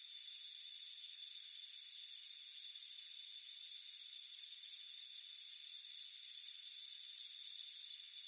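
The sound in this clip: Shrill cricket chirping in repeated pulses, some longer and some shorter, above a steady thin insect drone.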